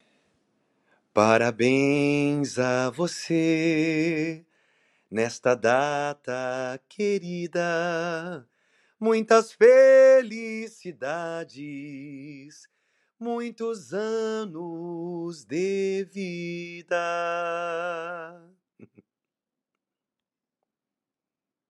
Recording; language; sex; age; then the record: short text; Brazilian Portuguese; male; 40 to 49 years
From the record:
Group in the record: control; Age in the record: 41 years